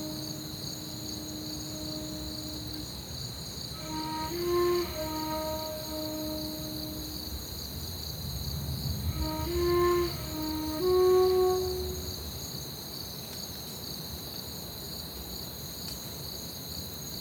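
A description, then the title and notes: Crickets chirp in the night as a steady high trill, while clear bird-like whistled notes come in bursts around four and ten seconds. Crickets Under Stars. It was recorded on a Zoom H6, which was pointed into the orchard whilst I sat on the balcony listening to the night, looking at the sky and playing flute. One take, no edits, just some compression and a touch of reverb added. The chirping of crickets in the night.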